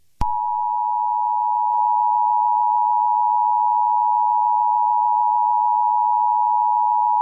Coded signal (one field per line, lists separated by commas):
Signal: Emergency Alert System (SAME) tones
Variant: 853 and 960 Hz attention tone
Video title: eas scenario catemojibabyheat part 17